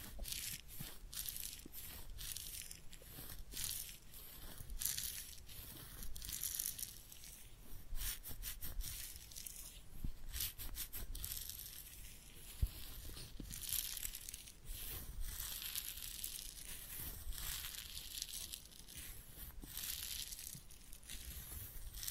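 Head massage and ear cleaning, heard as a steady run of close crackling, rustling and crinkling sounds, bright and dense throughout. Soft brushing strokes swell and fade every few seconds, with short sharp crackles scattered across, and one distinct click near the thirteenth second.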